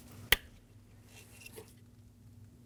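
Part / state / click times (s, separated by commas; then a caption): plastic retaining clip into horn bracket / seated / 0.3 s. A plastic retaining clip for the horn assembly of a 2018–2024 Chevrolet Equinox is aligned and pushed down into the horn bracket's mounting hole. A single sharp snap sounds at 0.3 s over a low steady hum, followed by faint light handling noises. The clip seats in place.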